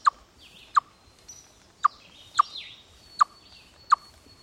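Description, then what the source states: Chipmunk alarm: six abrupt, hollow chucks spaced unevenly, about one every second or less, over soft bird calls. Alarm call given in response to an aerial predator.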